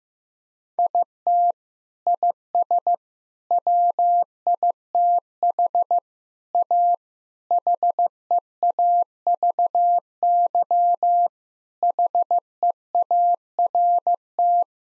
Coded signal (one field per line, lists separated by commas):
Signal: Morse code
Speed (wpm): 15 wpm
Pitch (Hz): 700 Hz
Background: none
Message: IT IS WITH A HEAVY HEART